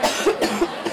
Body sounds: coughing mixed with background sound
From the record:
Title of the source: 61 morning phlegmy cough...again

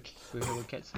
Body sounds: coughing mixed with background sound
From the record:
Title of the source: Mid-morning Winter Coughing Fit

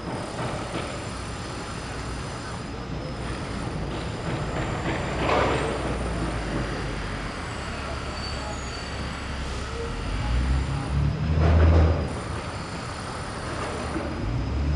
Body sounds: background sound without coughing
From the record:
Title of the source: 30 MINUTES Construction Site Ambience (CC BY 4.0)

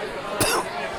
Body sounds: coughing mixed with background sound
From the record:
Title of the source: Coughing 79

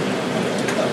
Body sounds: background sound without coughing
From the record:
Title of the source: Office Sounds Ambience - Background Noise for Study and Work

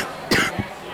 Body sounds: coughing mixed with background sound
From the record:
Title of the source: 30 Chesty and wet cough

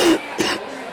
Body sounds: coughing mixed with background sound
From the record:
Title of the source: 60 coughing still (deep and wet cough)

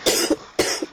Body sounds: coughing mixed with background sound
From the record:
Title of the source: 55 gaggy wet cough

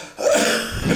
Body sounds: coughing mixed with background sound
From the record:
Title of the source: Wet Throat Infection Cough

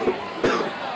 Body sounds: coughing mixed with background sound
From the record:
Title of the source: Coughing 77

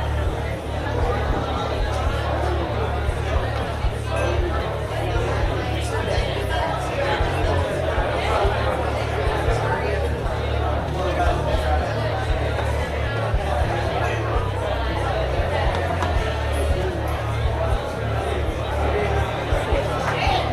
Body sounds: background sound without coughing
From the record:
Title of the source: CITY SOUNDS Busy Bar in the Evening Night - 2 HOURS of Ambiance for Relaxation

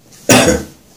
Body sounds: coughing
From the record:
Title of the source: Spring Cold Coughing 3

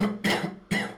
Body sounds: coughing mixed with background sound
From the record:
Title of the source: Man Coughing Sound - Wet Cough Sound Effect

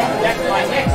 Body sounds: background sound without coughing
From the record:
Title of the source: Nightlife Party Simulating Party Club Noise 1 Hour

